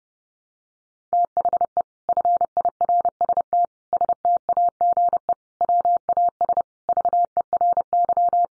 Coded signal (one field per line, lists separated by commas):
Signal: Morse code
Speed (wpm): 30 wpm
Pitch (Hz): 700 Hz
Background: none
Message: THE FIRST STAGE WAS VERY